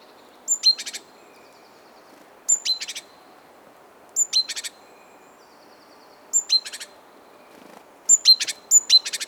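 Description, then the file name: Great tit calling: high thin notes followed by a short burst of three or four buzzy churring notes, repeated about every two seconds over a low steady background hiss. "Parus major"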